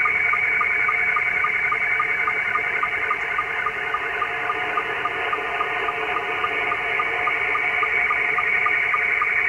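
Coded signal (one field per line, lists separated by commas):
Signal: SSTV (slow-scan television)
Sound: hissy warbling tone with a steady high whistle and quick regular low ticks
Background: radio static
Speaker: I'll close this video out with a live demonstration we'll point the camera at the radio and find somebody sending an image and let you let you watch that build in real time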